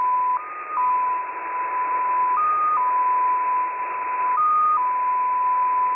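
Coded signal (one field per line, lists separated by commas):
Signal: multi-tone FSK (Olivia or MFSK type)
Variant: XPA2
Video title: XPA2 On 11163kHz USB February 7, 2021 12:00 UTC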